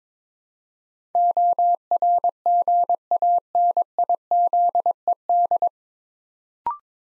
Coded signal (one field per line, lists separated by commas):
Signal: Morse code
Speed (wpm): 22 wpm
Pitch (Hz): 700 Hz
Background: none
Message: ORGANIZED